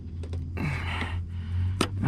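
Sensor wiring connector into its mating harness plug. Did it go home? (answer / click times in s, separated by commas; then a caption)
no / none. Under a 2011 Nissan Altima 2.5 during a catalytic converter replacement for code P2423, someone pushes a plastic electrical oxygen sensor connector, apparently the downstream sensor plug, into its mating harness plug for several seconds. Faint taps at 0.2 and 0.3 seconds lead into plastic rubbing and scraping from about 0.6 to 1.2 seconds, with a brief sharp tap at 1.8 seconds over a steady low hum. The connector has not clipped in and no latch click is heard.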